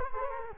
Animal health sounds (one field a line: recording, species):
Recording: mosquito wingbeat signal from an infrared sensor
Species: Culex quinquefasciatus